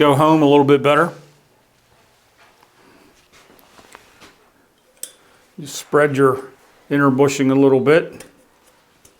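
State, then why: Not seated. On a Ducati 900SS motorcycle assembly, an inner bushing is spread slightly and handled for fitting into a greased outer bush, while someone talks in bursts. Faint handling ticks occur around 2.6–4.0 s, with a sharper tick at 5.0 s. Nothing has snapped into place or seated yet.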